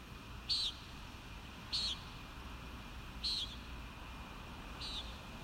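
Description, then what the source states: Common nighthawk calling with brief buzzy peents, four notes spaced roughly every one and a half seconds, the last one fainter, against a constant low rumble. Recorded at Kissimmee on 1 May 2019.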